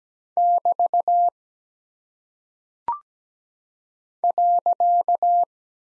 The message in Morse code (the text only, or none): <BT> .